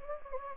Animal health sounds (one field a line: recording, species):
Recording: mosquito wingbeat signal from an infrared sensor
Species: Anopheles gambiae